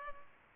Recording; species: mosquito wingbeat signal from an infrared sensor; Culex pipiens